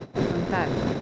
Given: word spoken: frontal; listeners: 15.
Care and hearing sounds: one Spanish word in noise, from a listening test; noise modulated by three-talker babble; -3.3 dB; 1 of 15; 9 of 15; 0.61 s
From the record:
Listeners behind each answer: 9, 3, 1, 1, 1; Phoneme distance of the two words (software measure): 27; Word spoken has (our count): 2 syllables, 7 phonemes, stress on syllable 2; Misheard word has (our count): 2 syllables, 6 phonemes, stress on syllable 2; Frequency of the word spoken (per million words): 9.12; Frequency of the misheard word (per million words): 77.70

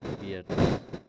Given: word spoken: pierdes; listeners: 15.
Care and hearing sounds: one Spanish word in noise, from a listening test; noise modulated by one talker; -12.8 dB; 1 of 15; 7 of 15; 0.70 s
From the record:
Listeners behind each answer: 7, 2, 2, 2, 1, 1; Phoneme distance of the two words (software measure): 20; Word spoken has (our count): 2 syllables, 7 phonemes, stress on syllable 1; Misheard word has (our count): 2 syllables, 7 phonemes, stress on syllable 1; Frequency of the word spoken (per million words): 1.63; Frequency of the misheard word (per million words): 60.86

